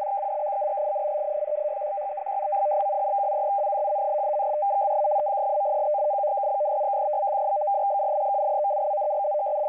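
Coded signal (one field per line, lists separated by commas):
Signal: numbers station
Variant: F03i FSK data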